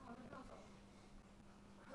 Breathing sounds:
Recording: one breath near a microphone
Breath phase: exhalation

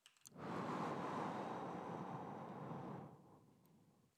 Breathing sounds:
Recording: one breath near a microphone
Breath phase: exhalation

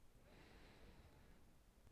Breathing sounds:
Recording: one breath near a microphone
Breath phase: inhalation

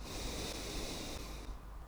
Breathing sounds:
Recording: one breath near a microphone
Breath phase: exhalation

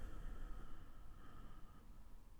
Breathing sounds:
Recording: one breath near a microphone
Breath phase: exhalation

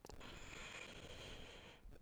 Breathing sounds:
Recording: one breath near a microphone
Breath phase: inhalation

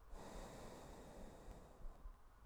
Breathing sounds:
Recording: one breath near a microphone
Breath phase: exhalation

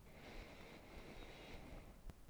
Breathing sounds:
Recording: one breath near a microphone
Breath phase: inhalation

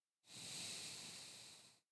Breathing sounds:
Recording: one breath near a microphone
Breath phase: exhalation

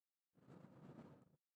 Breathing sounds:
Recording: one breath near a microphone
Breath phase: exhalation

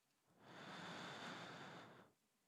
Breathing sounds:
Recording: one breath near a microphone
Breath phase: inhalation

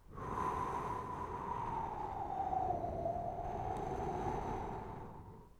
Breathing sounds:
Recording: one breath near a microphone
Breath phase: exhalation

